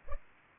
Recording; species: mosquito wingbeat signal from an infrared sensor; Culex pipiens